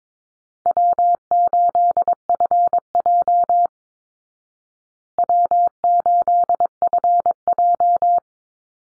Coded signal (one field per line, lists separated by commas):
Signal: Morse code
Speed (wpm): 22 wpm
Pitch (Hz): 700 Hz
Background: none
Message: W8FJ W8FJ